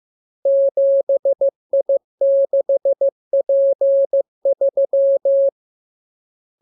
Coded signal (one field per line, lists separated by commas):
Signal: Morse code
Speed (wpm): 15 wpm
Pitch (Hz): 550 Hz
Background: none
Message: 7I6P3